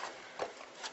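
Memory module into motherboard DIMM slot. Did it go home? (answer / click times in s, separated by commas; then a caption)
no / none. A student presses a RAM memory stick into a DIMM slot on a server motherboard, where the retention clips will latch it. Brief scraping and rubbing handling noises are heard, with slightly louder moments around 0.4 s and 0.9 s. The stick has not seated or clicked in yet.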